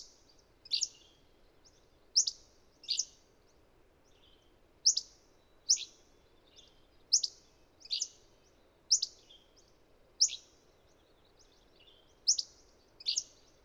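Bird song: short, sharp, high chirps sweeping downward, given singly or in quick pairs about once a second, over a faint low hiss.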